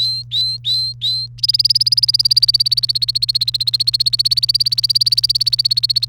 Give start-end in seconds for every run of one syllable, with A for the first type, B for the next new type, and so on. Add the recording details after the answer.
0.00-1.26 A, 1.38-6.09 B. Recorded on 1 May 2018 at 12:02. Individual llb3